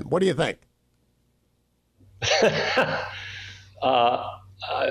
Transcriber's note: laughing